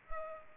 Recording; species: mosquito wingbeat signal from an infrared sensor; Culex pipiens